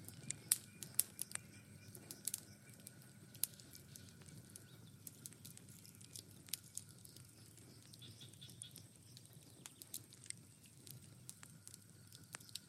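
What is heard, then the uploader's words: A fireplace fire burns with a steady low rumble and hiss, broken by sharp crackles and pops. The snaps come irregularly, several per second at times, with louder cracks near the start and around three and six seconds. Relaxing Fireplace Sounds - Burning Fireplace & Crackling Fire Sounds.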